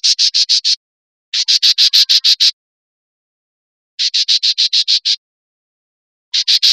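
Bird calling in bursts of harsh, buzzy pulses, several rapid notes per burst, with pauses between bursts.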